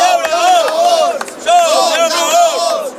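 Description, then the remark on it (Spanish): A loud crowd of protesting farmers chants the slogan "Somos Labradores" in unison while burning tyres, voices rising and falling in a repeated, rhythmic cadence of shouted syllables, with a brief dip before the chant surges again. “Al grito de Somos Labradores han quemado neumáticos, obligando también, en este caso, a intervenir a la policía.”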